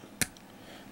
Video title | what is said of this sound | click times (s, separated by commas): REVIEW MG BUILD STRIKE GUNDAM FULL PACKAGE 1/100 | you hear that click. | 0.2 s